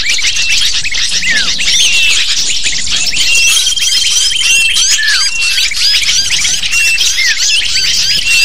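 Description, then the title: Dense lovebird twittering, sharp squeaky notes and rising flicks crowding together nonstop, with a level whistle running across the middle seconds. Lure call (pikat) to attract lovebirds. "PIKAT BURUNG LOVEBIRD"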